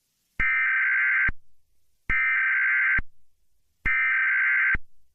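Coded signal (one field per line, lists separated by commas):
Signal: Emergency Alert System (SAME) tones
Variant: header bursts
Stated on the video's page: Fictional EAS scenario about zombie deer.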